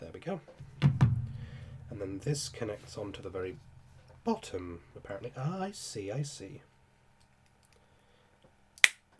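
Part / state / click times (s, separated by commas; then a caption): plastic model kit part into the bottom of the model assembly / seated / 8.8 s. Someone talks while a plastic part of a Bandai "Brady Hound" 1/72 scale model kit from Kyokai Senki is pushed onto the very bottom of the assembly. After a quiet pause, a small, sharp, satisfying click is heard at 8.8 seconds as the part snaps into place and seats.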